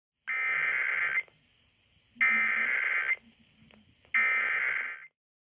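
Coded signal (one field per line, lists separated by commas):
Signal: Emergency Alert System (SAME) tones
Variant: header bursts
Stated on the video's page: Test tornado watch and warning drill alerts from the 2018 Iowa Severe Weather Awareness Week, received on TV and radio.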